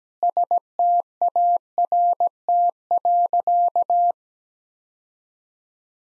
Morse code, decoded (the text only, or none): START.